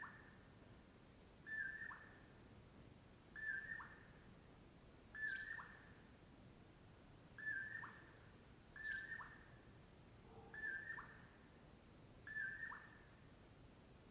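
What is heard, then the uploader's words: A Common Poorwill repeats its mellow, whistled "poor-will" call seven times, evenly spaced about every two seconds. The calls are mid-pitched. A steady low rumble and faint hiss run beneath them throughout the quiet night. It's not even 4:30am on this early summer morning in the Colockum Wildlife Area of Washington.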